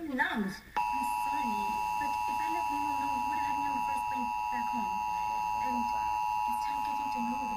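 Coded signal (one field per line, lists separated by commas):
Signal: Emergency Alert System (SAME) tones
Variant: 853 and 960 Hz attention tone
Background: speech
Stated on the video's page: National EAN test recorded from digital cable and from a TV station that botched it once and retried.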